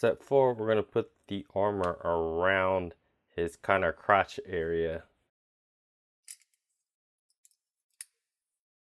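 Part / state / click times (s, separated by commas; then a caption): waist armor plate onto action figure hips / seated / 8.0 s. Someone talks, then fits a plastic front waist/crotch armor plate onto the hip area of a Bandai Armorplus Sage of the Halo (Samurai Troopers) action figure. A few faint plastic ticks follow around 6.3 s and 7.5 s. The plate snaps into place with a sharp click at 8.0 s.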